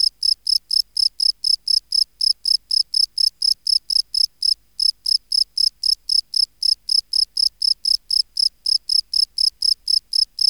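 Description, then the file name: Field cricket song: a long, unbroken series of shrill chirps, about four per second, with only a single brief break. "Bio Acoustica Gryllus campestris"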